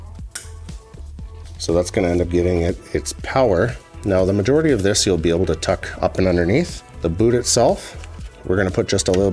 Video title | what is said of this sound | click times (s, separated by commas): The BEST N54/N55 Ignition Upgrade | will clip right into here | 0.3 s